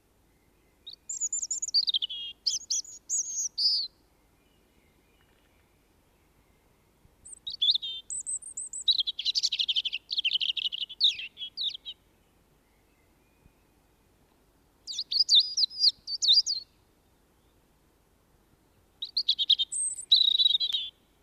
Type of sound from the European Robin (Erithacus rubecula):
song